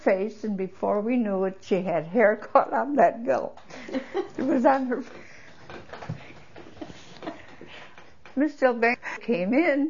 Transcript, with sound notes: face, and before we knew it she had hair caught on that gum. ( they laugh ) It was on her, Miss Delbenco came in.